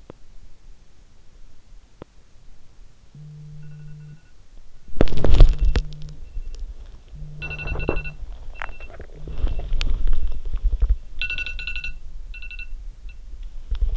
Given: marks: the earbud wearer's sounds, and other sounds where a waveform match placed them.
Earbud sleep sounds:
sounds in sleep by an in-ear microphone; teeth grinding, body movement
0.00-0.25 s: teeth grinding
1.82-2.35 s: teeth grinding
4.94-13.97 s: body movement

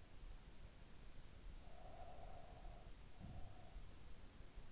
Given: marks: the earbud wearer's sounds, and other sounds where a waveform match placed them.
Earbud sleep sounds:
sounds in sleep by an in-ear microphone; breath
1.57-4.01 s: breath
3.05-3.64 s: sound from someone else or the room

